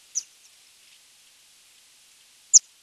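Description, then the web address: Grey wagtail giving two sharp, very high single call notes, one at the start and one near the end, separated by over two seconds of silence. "motacilla cinerea call"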